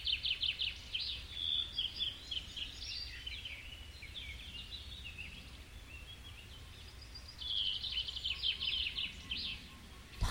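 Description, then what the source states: Birdsong of varied chirps and warbled notes at the start, a quieter stretch, then a rapid trilling burst toward the end, above steady low background noise. Birds recorded in a forest.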